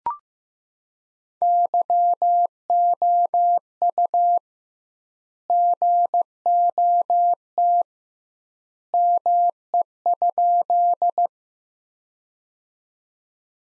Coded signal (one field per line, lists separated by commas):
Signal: Morse code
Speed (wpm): 15 wpm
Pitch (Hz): 700 Hz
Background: none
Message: YOU GOT ME?